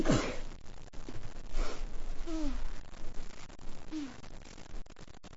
Female sneezes.